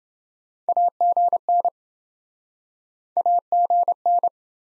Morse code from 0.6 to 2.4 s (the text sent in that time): AGN